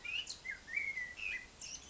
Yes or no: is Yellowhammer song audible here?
no